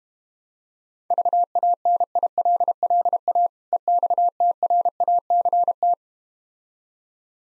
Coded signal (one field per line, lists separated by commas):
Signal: Morse code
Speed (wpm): 32 wpm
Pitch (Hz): 700 Hz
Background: none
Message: VANILLA EXTRACT